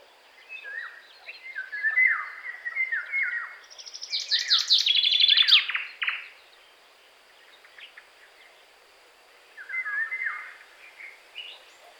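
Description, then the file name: Common chaffinch song: a run of descending notes builds into a loud, high burst that ends abruptly, followed after a pause by a softer phrase. "Fringilla coelebs"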